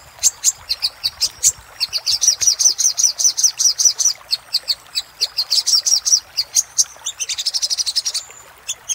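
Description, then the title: Little spiderhunter song, sharp high chips quickening into a steady chattering run, then a fast trill near the end. Used for training cage birds. "Sogok Ontong Labaik"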